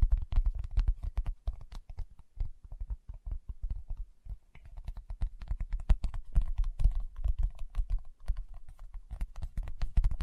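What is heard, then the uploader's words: Fingertips tap rapidly and irregularly on a surface, producing dense clusters of soft, thumping strikes with a low body and a light clicky edge. The tapping slows briefly around the two- and four-second marks, then resumes busier and sharper through the end. ASMR Tapping with Fingertips (No Talking).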